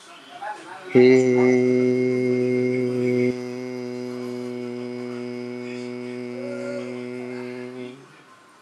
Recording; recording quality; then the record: sustained vowel as in made; excellent, no background noise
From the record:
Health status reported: healthy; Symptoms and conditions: none ticked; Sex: male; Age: 18 years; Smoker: not ticked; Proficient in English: yes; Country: India